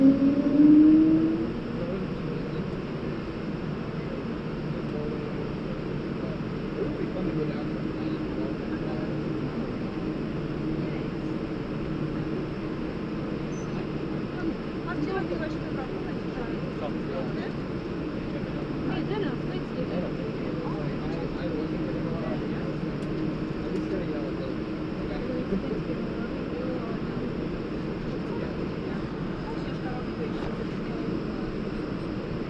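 An airplane sits waiting for departure, its steady low engine hum filling the whole clip with a dense, even rumble. A louder tone rises briefly in the first two seconds, then the drone holds flat, with faint murmuring voices running underneath.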